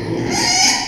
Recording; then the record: squeal of a Yucatan mini pig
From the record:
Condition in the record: before surgery on the right vocal fold (resection and tissue-engineered implant); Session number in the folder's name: 2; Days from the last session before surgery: 0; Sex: male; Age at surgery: 12 weeks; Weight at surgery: 13 kg